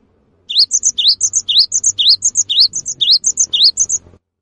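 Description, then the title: Cinereous tit repeating a rising whistled note followed by two thin higher chips, steadily for about three and a half seconds, with low rumbling noise underneath. Singing actively (gacor); its long chirping calls (wucit) stir other birds of its kind to start calling along. "GELATIK BATU GACOR WUCIT PANJANGNYA BIKIN GELATIK LAIN JADI TERPANCING UNTUK IKUT BUNYI"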